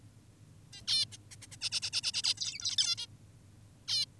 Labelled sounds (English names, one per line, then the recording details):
Zebra Finch
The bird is an adult
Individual g19o10U